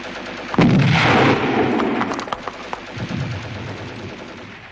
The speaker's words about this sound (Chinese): 现在已是4:40，敌人的炮声越来越近，炮弹在不远的地方爆炸。